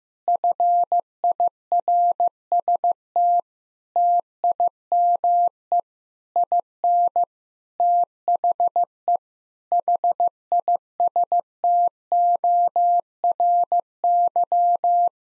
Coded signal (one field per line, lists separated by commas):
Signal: Morse code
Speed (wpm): 15 wpm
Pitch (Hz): 700 Hz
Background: none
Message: FIRST TIME IN THE HISTORY